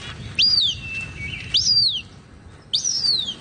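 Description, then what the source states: Cooper's hawk calls: three high, thin, screaming whistles, each rising sharply then sliding down, spaced just over a second apart. Played from the Merlin app; young hawks just out of the nest and learning to fly become very vocal, calling and screaming to their parents for food.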